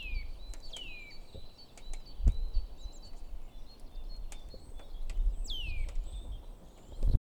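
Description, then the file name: Eurasian nuthatch giving three clear, falling whistled calls, two close together at the start and one about five seconds later, over steady low rumbling noise. "Sitta europaea"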